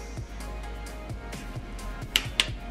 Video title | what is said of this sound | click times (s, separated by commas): How To Install BMW M5/M6 S85 V10 Vanos Gears/Units & Set Proper Timing (V10 M3 Build) | there we go that's the click | 2.2 s, 2.4 s